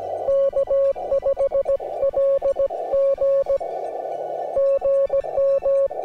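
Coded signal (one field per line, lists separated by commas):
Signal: Morse code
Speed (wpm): 18 wpm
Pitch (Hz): 560 Hz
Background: music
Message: K5LG GM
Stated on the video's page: Gentle Morse tones with a deliberate, rhythmic cadence for relaxation.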